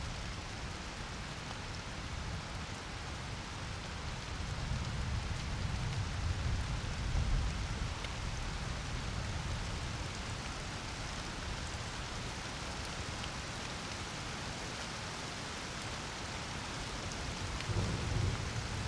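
Steady, dense rain hisses across a night storm, with low rumbling swells of thunder or rushing water around five to eight seconds and near the end.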